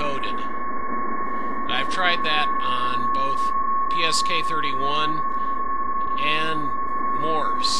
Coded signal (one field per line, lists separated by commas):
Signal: PSK31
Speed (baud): 31.25 baud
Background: speech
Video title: Demo of SDR-Radio with Lazy Dog LD-1B Front End, Part I